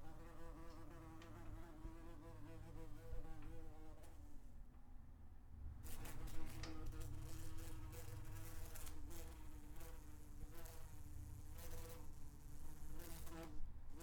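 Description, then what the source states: Wasp in flight giving a sustained buzzing hum, fading briefly then returning stronger, the pitch bending as it moves about. Wasp buzzing while flying around.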